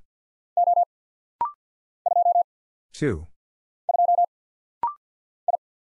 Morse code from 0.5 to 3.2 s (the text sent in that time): O 2